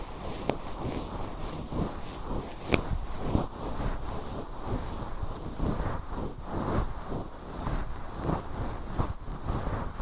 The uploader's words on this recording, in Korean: 솜털 귀청소 동시에 (인트로 수다 X).